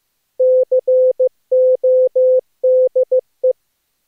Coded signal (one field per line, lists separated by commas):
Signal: Morse code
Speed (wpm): 15 wpm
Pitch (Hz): 510 Hz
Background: none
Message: CODE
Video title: Daily Minutes, January 5, 2016, without the Contestia